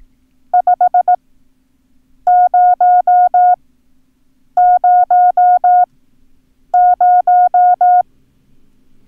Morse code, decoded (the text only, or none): 5000